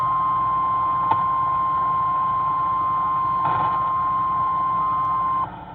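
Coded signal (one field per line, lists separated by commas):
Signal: Emergency Alert System (SAME) tones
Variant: 1050 Hz attention tone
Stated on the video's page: Severe thunderstorm warning EAS aired on WLAC AM radio.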